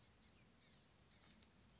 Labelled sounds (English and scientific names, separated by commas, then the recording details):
Blue-gray Gnatcatcher (Polioptila caerulea)
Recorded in Sonoma County, California